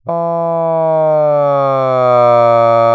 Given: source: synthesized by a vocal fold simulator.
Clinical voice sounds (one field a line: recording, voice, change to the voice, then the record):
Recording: sustained vowel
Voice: male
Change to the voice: asymmetry, level 18 of 51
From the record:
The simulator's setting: 2.70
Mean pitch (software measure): 142 Hz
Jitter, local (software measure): 0.19%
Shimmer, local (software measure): 1.0%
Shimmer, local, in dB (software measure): 0.11 dB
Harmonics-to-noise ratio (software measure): 35.4 dB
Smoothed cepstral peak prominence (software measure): 24.1 dB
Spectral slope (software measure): -18.7 dB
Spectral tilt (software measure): -12.8 dB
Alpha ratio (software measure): -9.1 dB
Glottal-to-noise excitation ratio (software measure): 0.970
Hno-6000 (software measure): 2.6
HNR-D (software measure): 32.5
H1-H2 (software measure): 5.0 dB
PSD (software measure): 1.0e-03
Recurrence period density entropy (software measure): 0.110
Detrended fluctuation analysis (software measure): 0.0492